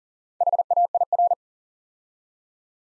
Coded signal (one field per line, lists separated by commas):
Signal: Morse code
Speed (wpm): 39 wpm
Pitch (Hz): 700 Hz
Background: none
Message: HAIR